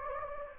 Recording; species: mosquito wingbeat signal from an infrared sensor; Anopheles gambiae